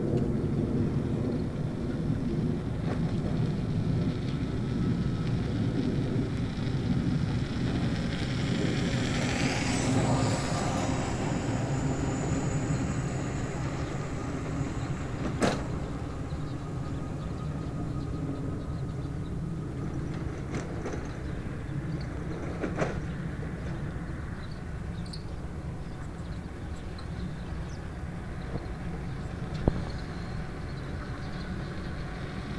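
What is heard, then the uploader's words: A low, steady engine drone fills the whole stretch in open, quiet surroundings. Around ten seconds a vehicle drives by with a falling whine, and sharp isolated clicks land near 15, 23 and 30 seconds as the rumble eases slightly. Plane. Drivebys. Empty fields. Morning mist.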